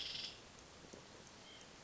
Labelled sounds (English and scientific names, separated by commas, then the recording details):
White-breasted Nuthatch (Sitta carolinensis)
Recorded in Sonoma County, California